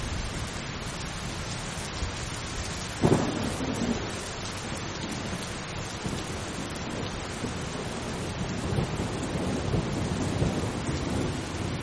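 Steady, dense rain falls throughout in a thunderstorm, a constant even hiss with a soft low rumble underneath. Around three seconds a sudden thunder crack stands out, then a low roll carries on in the distance while the rain continues unchanged.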